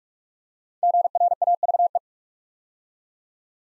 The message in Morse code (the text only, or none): GRAVE